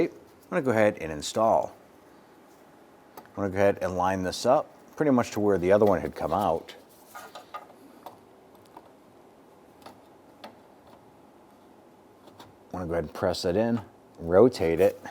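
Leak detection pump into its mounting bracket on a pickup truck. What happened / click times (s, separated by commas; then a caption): The plastic part was only lined up, not yet seated / none. Someone talks while lining up a plastic leak detection pump with its mounting bracket on a 2002-2008 Dodge Ram 1500 pickup truck, placing it where the old one came out before pressing and rotating it in. Between the talking, only light handling and contact ticks are heard, from about 7.4 to 10.4 seconds. Nothing has seated or clicked yet.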